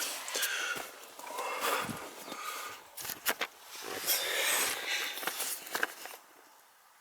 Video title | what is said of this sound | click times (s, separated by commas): BMW Z3 wiper motor and control module | there it is locked in place | 5.8 s